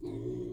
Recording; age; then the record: pig call; weaner (32 to 43 days)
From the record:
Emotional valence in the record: negative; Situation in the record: long isolation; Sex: female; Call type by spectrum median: low-frequency call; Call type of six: low-frequency stable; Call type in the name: low-frequency stable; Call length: 0.53 s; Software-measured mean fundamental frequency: 57 Hz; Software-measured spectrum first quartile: 167 Hz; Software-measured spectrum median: 302 Hz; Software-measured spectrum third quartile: 374 Hz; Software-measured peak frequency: 359 Hz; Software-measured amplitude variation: 114 dB a second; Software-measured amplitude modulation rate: 38.0 a second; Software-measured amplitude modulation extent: 3.0 dB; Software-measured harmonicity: 2.5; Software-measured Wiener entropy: -0.01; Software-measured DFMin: 1108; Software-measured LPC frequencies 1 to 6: 349, 2113, 3357, 3831, 6620, 8533 Hz